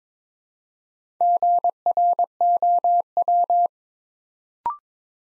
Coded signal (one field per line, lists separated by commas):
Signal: Morse code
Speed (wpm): 22 wpm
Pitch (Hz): 700 Hz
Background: none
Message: GROW